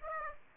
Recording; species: mosquito wingbeat signal from an infrared sensor; Aedes aegypti